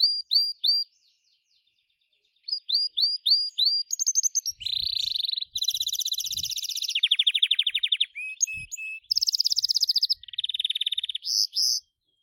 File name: canto do canario gloster